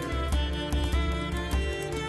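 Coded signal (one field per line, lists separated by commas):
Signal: none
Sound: music notes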